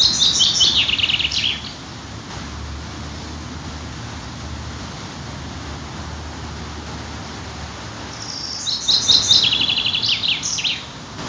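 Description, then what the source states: Bird song: two fast trilled phrases, each dropping in pitch, one at the start and one near the end, with continuous background noise. City park.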